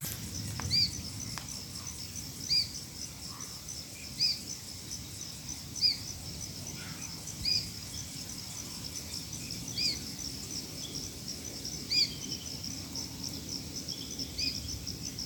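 Dusky myzomela calls: short, thin, high notes repeated roughly every two seconds over a steady high insect drone.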